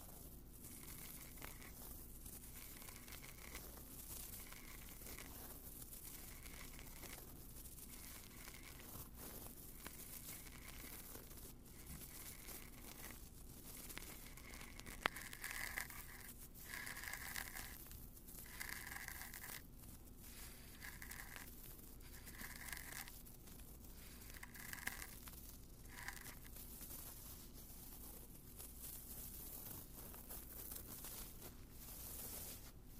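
Ear cleaning with odd objects: steady close scratching and crinkling rubs repeat in short strokes about once or twice a second throughout. A recurring bright squeaky tone rides on many strokes, and a low steady hum sits underneath the whole time.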